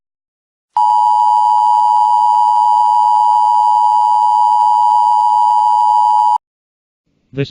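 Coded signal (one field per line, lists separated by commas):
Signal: Emergency Alert System (SAME) tones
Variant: 853 and 960 Hz attention tone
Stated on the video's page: Fictional EAS scenario of a terrorist attack on the United States.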